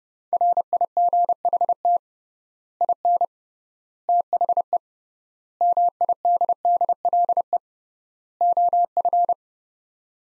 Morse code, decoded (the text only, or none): RIGHT IN THE MIDDLE OF